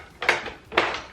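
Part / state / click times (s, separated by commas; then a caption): embroidery arm unit attaching to embroidery machine base / not seated / none. An embroidery arm unit is handled as it slides onto the bed of a Brother PE900 embroidery machine, with its grabbing catch placed under the machine. Two broad scraping, sliding bursts are heard around 0.2–0.5 s and 0.75–1.0 s. Nothing has seated or clicked into place yet.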